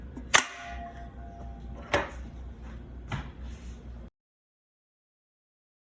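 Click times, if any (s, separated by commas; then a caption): 1.9 s, 3.1 s. After adjustment, the two metal lid latches on a Nutrifaster N450 commercial juicer are hooked onto their strikes and closed. Over a steady low hum and an earlier sharp hit near 0.3 s, the latches snap shut at 1.9 s and 3.1 s. Both latches are seated, and the sound cuts to silence around 4.1 s.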